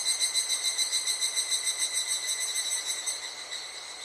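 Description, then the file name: Higurashi cicada singing a rhythmic, ringing series of pulses, gradually fading toward the end. Summer cicada calls recorded in Japan. "the nature sounds society japan higurashi"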